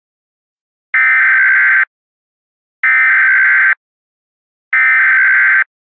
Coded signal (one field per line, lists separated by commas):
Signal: Emergency Alert System (SAME) tones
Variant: header bursts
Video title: EAS Scenario #8: The Easter Killings